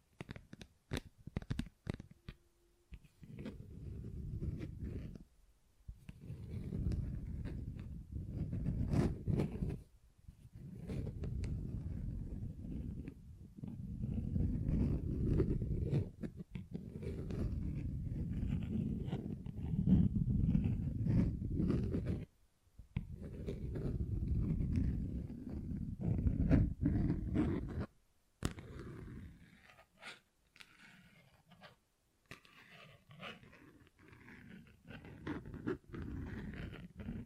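Tapping and scratching on textured surfaces, with dense low scraping runs lasting a few seconds each, broken by short silences around 6, 10, 13, 22 and 28 seconds. Sharp clicks punctuate the gaps, and the final stretch turns quieter, lighter and brighter.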